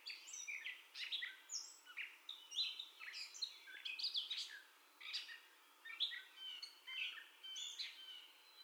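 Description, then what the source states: Gray catbird song of jerky, varied phrases: squeals, mews and harsh chips, with a few longer pauses between bursts. First song, 30 May 2021.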